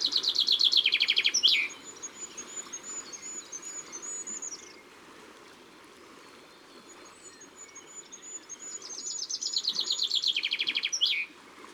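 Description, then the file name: Common chaffinch song: two rattling descending trills ending in a flourish, about nine seconds apart, with thin, high, sustained whistles between them. Ardèche, France. "Pinson-Des-Arbres-Concerts-Naturels-De-l Ardeche"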